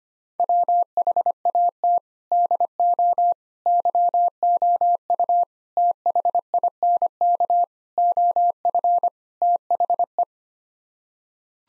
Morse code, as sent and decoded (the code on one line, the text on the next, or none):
.-- .... .- - / -.. --- / -.-- --- ..- / - .... .. -. -.- / --- ..-. / - .... .
WHAT DO YOU THINK OF THE